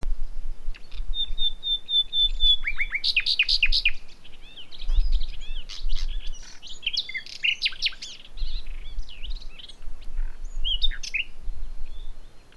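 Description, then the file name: Common nightingale song: a run of repeated pure whistles, then rich, varied phrases of rapid chirps, trills and sweeping notes, with low rumbling in the background. "Luscinia megarhynchos"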